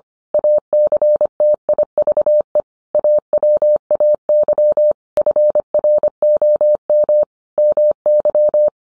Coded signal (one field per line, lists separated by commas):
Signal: Morse code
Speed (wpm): 25 wpm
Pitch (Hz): 600 Hz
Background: none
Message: ACTIVE AWAY FROM MY